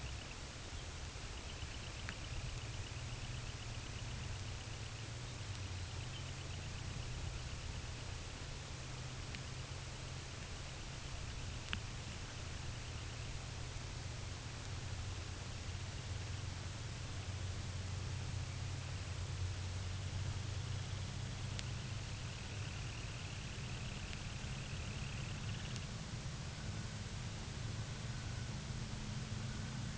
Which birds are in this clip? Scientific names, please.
Calidris pusilla